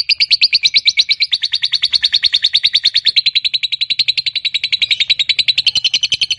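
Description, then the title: Lovebird giving a fast, continuous, buzzy chattering trill, dense high notes pouring out evenly throughout. Fighter-type lovebird singing a long ngekek, a drawn-out chattering song. "Begitu Dengar Suara Lovebird FIGHTER NGEKEK PANJANG"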